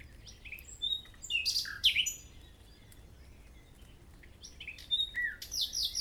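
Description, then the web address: Common nightingale song with short varied phrases of sharp chirps and quick slurred notes, a silent gap, then another burst of rapid notes. "SETE data Luscinia megarhynchos"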